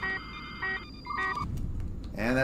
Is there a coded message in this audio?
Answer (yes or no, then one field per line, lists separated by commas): no